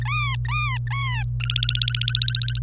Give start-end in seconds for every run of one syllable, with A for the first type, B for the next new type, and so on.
0.02-1.23 A, 1.41-2.58 B